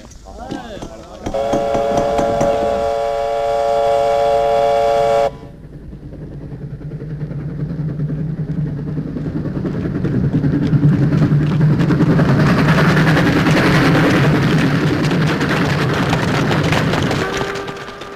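At night, a loud, steady train whistle blasts for several seconds over the low rumble of a moving train, then the rhythmic clatter and roar of the wheels keeps building.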